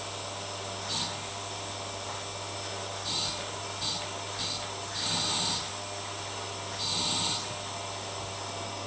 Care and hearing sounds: daily activity, microphone in the room; vacuum cleaning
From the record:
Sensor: 3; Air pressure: 1000.1 hPa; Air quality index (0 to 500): 136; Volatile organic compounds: 2 ppm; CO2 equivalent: 1210 ppm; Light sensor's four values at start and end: 38/98/41/45 and 38/97/41/45

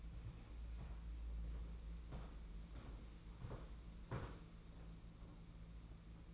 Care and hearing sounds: daily activity, microphone in the room; walk to room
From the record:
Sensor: 1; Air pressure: 992.0 hPa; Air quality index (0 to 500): 217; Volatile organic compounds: 1000 ppm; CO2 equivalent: 8450 ppm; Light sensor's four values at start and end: 22/77/30/30 and 22/74/29/29

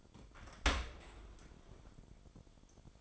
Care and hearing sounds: daily activity, microphone in the room; open dishwasher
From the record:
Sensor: 5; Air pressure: 1003.2 hPa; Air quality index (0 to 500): 128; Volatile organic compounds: 1 ppm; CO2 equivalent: 939 ppm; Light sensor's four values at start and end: 73/176/73/83 and 70/169/71/79

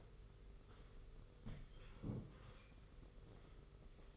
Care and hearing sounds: daily activity, microphone in the room; sit down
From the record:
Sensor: 4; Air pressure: 991.4 hPa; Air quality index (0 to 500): 139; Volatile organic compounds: 59 ppm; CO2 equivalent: 3404 ppm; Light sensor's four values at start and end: 23/75/28/29 and 23/76/28/29

